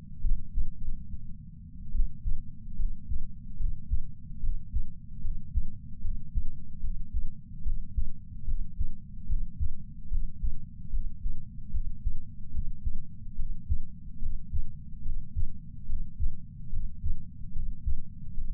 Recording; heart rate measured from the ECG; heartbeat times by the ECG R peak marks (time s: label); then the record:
heart sounds by patch sensor on the chest; 72 bpm
0.79 s: heartbeat
1.92 s: heartbeat
2.75 s: heartbeat
3.57 s: heartbeat
4.40 s: heartbeat
5.21 s: heartbeat
6.01 s: heartbeat
6.81 s: heartbeat
7.63 s: heartbeat
8.45 s: heartbeat
9.27 s: heartbeat
10.08 s: heartbeat
10.90 s: heartbeat
11.71 s: heartbeat
12.51 s: heartbeat
13.36 s: heartbeat
14.19 s: heartbeat
15.03 s: heartbeat
15.86 s: heartbeat
16.70 s: heartbeat
17.52 s: heartbeat
18.34 s: heartbeat
From the record:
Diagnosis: coronary artery disease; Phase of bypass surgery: intraoperative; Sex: male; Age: 69 years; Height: 165 cm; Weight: 60 kg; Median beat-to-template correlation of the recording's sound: 0.76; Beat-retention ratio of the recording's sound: 0.99